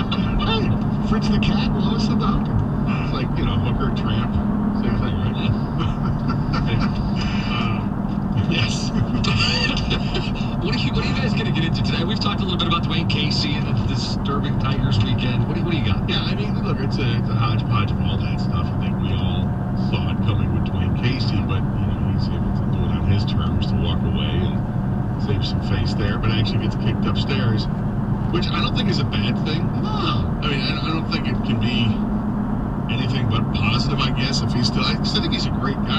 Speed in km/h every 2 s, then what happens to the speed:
71, 71, 69, 68, 66, 66, 66, 66, 66, 64, 63, 64, 64, 68, 69, 71, 69, 69.
0-24 steady at about 66. 24-29 speeds up to 71. 29-36 steady at about 69.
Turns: none.